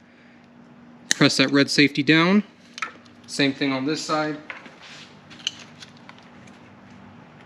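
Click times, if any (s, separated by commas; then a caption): 5.5 s. Someone talks while a plastic headlight adapter connector with a red safety lock is pushed into the vehicle harness during an aftermarket headlight install on a Jeep Wrangler JK. A sharp click at 5.5 s marks the connector seating home, followed by a few faint ticks as the red safety lock is pressed down.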